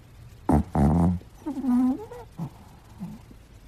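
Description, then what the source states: Dog snoring: a few rasping breaths followed by a drawn-out nasal whine and softer wheezy snorts. Small dog snoring.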